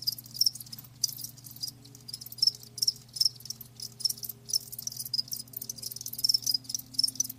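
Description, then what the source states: Crickets chirping in short high bursts at uneven intervals over a steady low hum. Live crickets chirping, a lulling song.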